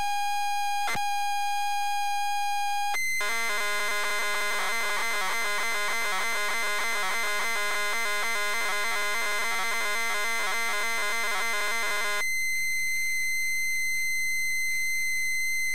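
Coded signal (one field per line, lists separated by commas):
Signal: ZX Spectrum tape loading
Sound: steady buzzy lead tone, a click, then harsh rapid warbling data, then a steady higher tone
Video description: ZX Spectrum load up and quick game play of New Zealand Story loaded up using a zx spectrum +3 with a wh smith cpd8300 cassette player.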